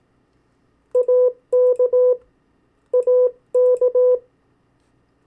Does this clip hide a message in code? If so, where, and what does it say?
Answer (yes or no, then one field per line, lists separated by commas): yes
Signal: Morse code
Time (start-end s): 0.9-4.2 s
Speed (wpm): 18 wpm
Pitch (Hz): 500 Hz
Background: none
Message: AK AK